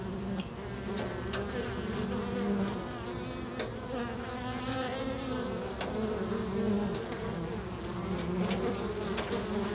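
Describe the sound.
Bees droning, an unbroken low hum with wavering pitch and a few faint clicks scattered through.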